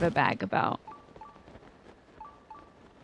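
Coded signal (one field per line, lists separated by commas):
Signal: none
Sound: game sound beeps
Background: speech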